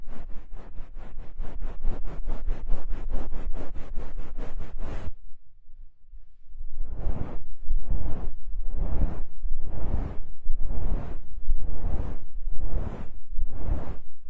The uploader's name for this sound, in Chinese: 按摩耳朵